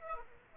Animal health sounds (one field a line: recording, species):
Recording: mosquito wingbeat signal from an infrared sensor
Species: Aedes aegypti